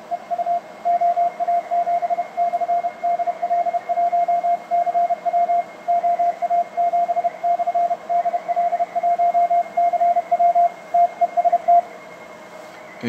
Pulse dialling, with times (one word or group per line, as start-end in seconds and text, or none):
none